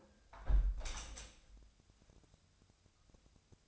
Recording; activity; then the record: daily activity, microphone in the room; close window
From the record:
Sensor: 2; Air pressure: 1014.8 hPa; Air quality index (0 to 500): 29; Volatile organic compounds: 1 ppm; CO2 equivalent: 523 ppm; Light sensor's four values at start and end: 8/19/8/8 and 8/19/8/8